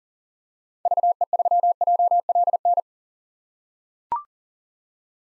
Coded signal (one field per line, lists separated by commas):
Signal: Morse code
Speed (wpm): 40 wpm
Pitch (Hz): 700 Hz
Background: none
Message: VE3JLN